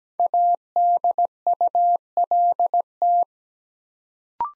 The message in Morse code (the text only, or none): ADULT